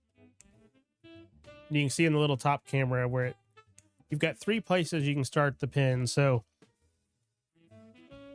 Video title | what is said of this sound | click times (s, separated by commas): Discussing Making My First Two Pens And My Learning Process So Far | make the click. You hear that click | 0.4 s